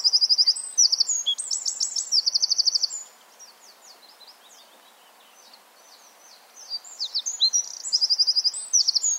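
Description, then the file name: Eurasian wren song: rapid, very high trills and twittering bursts for about three seconds, a few soft scattered notes, then another loud trilling burst. "Troglodytes troglodytes"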